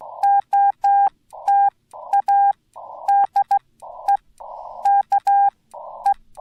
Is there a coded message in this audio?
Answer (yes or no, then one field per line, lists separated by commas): yes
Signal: Morse code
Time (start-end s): 0.2-6.1 s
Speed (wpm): 14 wpm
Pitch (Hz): 800 Hz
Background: none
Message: OTA DE KE